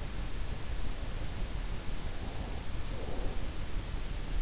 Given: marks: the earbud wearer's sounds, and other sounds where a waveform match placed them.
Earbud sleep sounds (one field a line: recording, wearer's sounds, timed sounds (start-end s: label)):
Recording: sounds in sleep by an in-ear microphone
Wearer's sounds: breath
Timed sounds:
1.72-3.83 s: breath